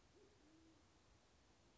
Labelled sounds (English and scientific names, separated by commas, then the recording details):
Band-tailed Pigeon (Patagioenas fasciata)
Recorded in Sonoma County, California